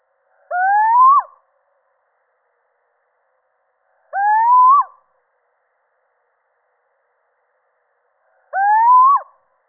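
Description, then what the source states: Little owl giving three rising hoots, each ending in a sharp fall, against a silent background. Male.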